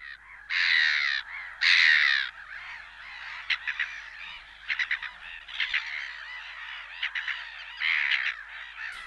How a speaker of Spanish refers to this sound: También la gaviota reidora, esa que ya es tan habitual en las orillas del Nervión.